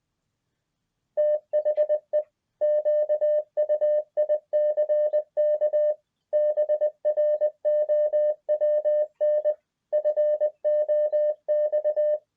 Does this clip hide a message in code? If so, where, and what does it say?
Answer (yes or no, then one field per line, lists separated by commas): yes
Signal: Morse code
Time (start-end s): 1.2-12.2 s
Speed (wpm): 20 wpm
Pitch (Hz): 600 Hz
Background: none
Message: THE QUICK BROWN FOX